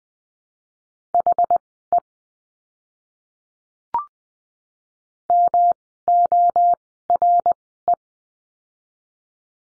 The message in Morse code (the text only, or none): HE MORE